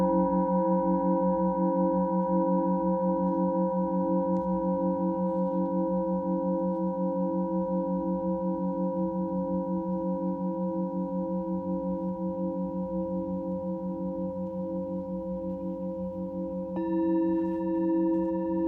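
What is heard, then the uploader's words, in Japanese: A Tibetan singing bowl hums steadily with a low, gently pulsing drone and bright overtones, and a second, higher tone joins near seventeen seconds. チベットのシンギングボウルの音。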